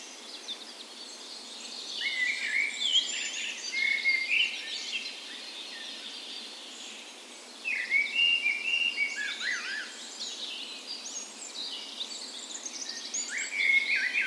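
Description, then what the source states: Bird dawn chorus with several overlapping singers, bursts of high twittering and whistled phrases, a brief lull midway before singing resumes. Wild birds, morning of 17 May, Norway's National Day, spring, park west in Bergen, Norway; recorded with Sony PCM A10 and LOM Usi microphones used as tree ears.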